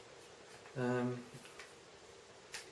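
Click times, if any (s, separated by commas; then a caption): 1.6 s, 2.5 s. Someone talks briefly as the rotating tripod mount collar on a Sigma Sports 150-600mm telephoto lens is turned around the lens barrel toward its 90-degree detent. Short clicks are heard at 1.6 s and 2.5 s as the collar seats into the detent, which shows it is completely straight and level.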